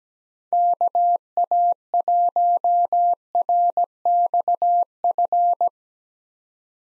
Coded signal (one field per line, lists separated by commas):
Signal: Morse code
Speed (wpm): 17 wpm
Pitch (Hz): 700 Hz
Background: none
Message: KA1RXF